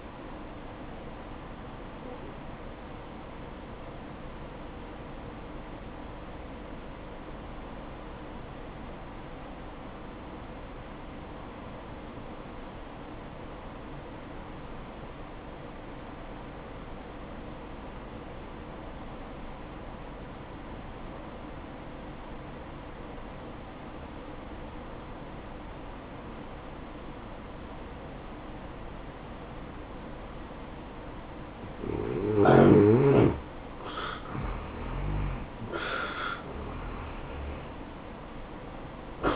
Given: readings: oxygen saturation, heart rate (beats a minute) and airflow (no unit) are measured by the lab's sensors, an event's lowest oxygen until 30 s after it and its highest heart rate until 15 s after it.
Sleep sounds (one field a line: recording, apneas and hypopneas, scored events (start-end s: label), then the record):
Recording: breathing in sleep by a voice recorder at the bedside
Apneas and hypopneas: 1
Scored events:
7.00-34.80 s: obstructive apnea (N1, oxygen 96% highest, then 85% lowest, heart rate 62 at the start, 76 highest)
From the record:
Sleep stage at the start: N1 (lightest sleep)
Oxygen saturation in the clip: 84 to 96%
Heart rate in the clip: 59 to 72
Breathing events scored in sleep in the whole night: 573 in 9.8 hours asleep